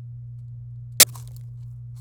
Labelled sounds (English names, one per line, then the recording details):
Domestic Canary song
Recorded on 27 April 2018 at 06:24
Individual llb3